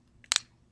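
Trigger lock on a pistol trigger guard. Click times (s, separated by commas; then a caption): 0.3 s. The two halves of a trigger lock are pushed together around the trigger guard of a Walther PPS pistol, giving a faint tick and then a sharp, bright click at about 0.3 s with a quick second snap right after. The click shows the lock has latched and is locked tight around the trigger guard.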